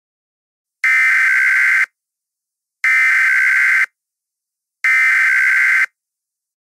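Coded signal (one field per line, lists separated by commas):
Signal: Emergency Alert System (SAME) tones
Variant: header bursts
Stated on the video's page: Fictional EAS scenario about two hurricanes combining, not a real alert.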